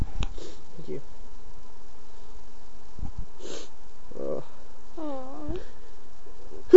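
A sneeze from an adult male.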